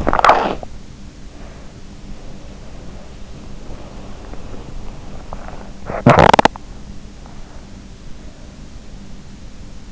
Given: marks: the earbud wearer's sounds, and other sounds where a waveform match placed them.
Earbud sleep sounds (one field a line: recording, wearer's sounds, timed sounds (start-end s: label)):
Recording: sounds in sleep by an in-ear microphone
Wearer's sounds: teeth grinding, body movement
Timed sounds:
0.00-0.79 s: teeth grinding
1.29-5.38 s: body movement
5.88-6.68 s: teeth grinding